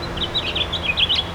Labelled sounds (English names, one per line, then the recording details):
House Finch song
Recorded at Babylon on Long Island, New York, on 18 May 2013
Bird C